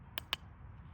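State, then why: Seated. A float and needle valve assembly is lightly pressed with the fingers into a plastic Briggs and Stratton small-engine carburetor. Two sharp clicks sound at 0.2 s and 0.3 s over a low background rumble, the second louder. The part is seated, clicked into place.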